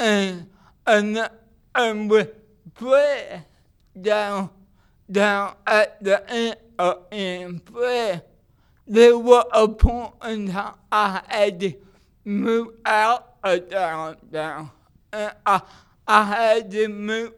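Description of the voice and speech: An adult man with cerebral palsy speaks slowly and effortfully in short bursts broken by frequent pauses, with stretched nasal vowels, weak or dropped consonants and imprecise articulation that makes words hard to follow. This is dysarthric speech from cerebral palsy.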